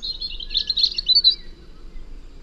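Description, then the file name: European robin song: a brief fast jumble of high tinkling notes ending in a thin whistle, with faint low hiss behind. "Erithacus rubecula"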